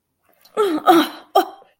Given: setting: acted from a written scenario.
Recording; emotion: vocal sound without words; disgust